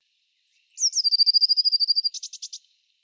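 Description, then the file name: Eurasian blue tit giving a thin high whistled note followed by a rapid steady trill that ends in a few harsher buzzy notes. "Cyanistes caeruleus"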